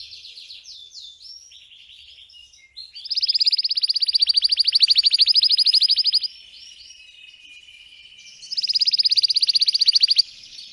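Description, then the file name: Canary song: soft varied phrases, then a long loud rapid trill, a quiet stretch of soft notes, and another rapid trill. Singing Belgian canary, red frosted colour variety. "canto do canario belga vermelho nevado"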